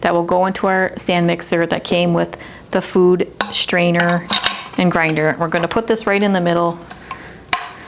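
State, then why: Seated. Someone talks while a metal drive plug that came with the KitchenAid stand mixer food strainer and grinder is pushed into the middle of the food grinder housing. A sharp metallic click sounds at 7.5 s as the plug seats, leaving the small post sticking out.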